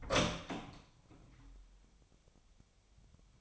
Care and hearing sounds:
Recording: daily activity, microphone in the room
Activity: open door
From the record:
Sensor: 1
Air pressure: 1007.7 hPa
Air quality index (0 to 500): 193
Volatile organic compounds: 18 ppm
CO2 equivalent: 2614 ppm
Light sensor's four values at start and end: 13/32/13/14 and 13/33/13/15

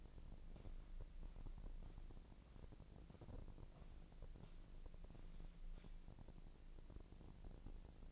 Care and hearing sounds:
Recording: daily activity, microphone in the room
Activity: walk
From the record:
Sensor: 5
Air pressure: 1012.3 hPa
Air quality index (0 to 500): 160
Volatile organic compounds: 2 ppm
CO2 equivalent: 1091 ppm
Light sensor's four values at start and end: 282/678/289/322 and 288/690/295/329

